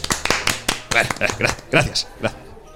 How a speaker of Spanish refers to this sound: Bravo. Bravo. Un aplauso para